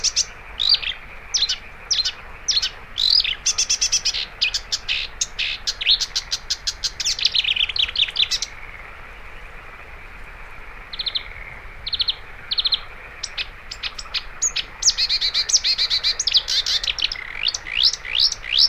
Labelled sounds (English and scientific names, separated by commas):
Marsh Warbler (Acrocephalus palustris) song